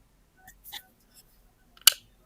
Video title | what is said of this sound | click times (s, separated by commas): Sovol SV08 Ultimate Tool Changer Build Series (Part 4: Configuring & Mounting First 2 Tool Heads) | you you you heard the click okay so no hammering no nothing and | 1.9 s